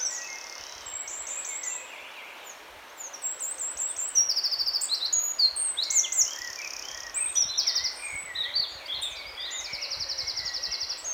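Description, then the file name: Eurasian wren song, a busy stream of very high trills, chips and buzzy rattles in quick succession over a soft background hiss. "Troglodytes troglodytes"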